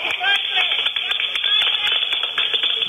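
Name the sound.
hand clapping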